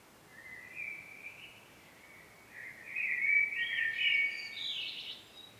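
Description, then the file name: Common blackbird singing: a soft fluted opening, then a louder warbling phrase that climbs into high squeaky twitters near the end, over faint steady hiss. "Turdus merula"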